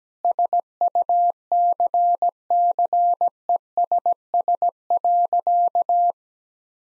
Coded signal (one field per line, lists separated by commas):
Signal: Morse code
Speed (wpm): 17 wpm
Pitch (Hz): 700 Hz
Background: none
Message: SUCCESS.